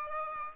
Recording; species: mosquito wingbeat signal from an infrared sensor; Aedes aegypti